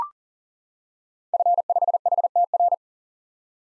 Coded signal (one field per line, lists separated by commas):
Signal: Morse code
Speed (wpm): 37 wpm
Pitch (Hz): 700 Hz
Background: none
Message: F5HTR